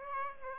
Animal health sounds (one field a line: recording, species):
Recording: mosquito wingbeat signal from an infrared sensor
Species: Aedes aegypti